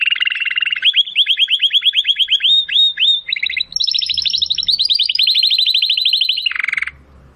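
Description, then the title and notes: Domestic canary song: high, rapid trills of upswept notes, shifting to a higher pulsed trill, then a lower buzzy roll before stopping. Belgian canary (Canário Belga), titled 'Campainha' (bell), singing. "Canário Belga Campainha Canary Singing. Canario Belga Cantando"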